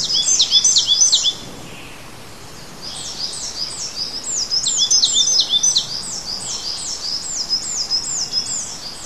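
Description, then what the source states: Bird song of rapid, high, downslurred chirps, a short burst, a pause of about a second and a half, then a long run of repeated notes. Native bird in a hedge in March.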